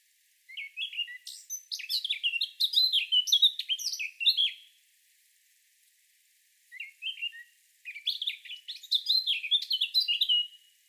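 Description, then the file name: Eurasian blackcap song: two long, rich warbling phrases of quick chattering notes rising into clearer fluty whistles, separated by a pause of about two seconds; no other sounds. "Sylvia atricapilla"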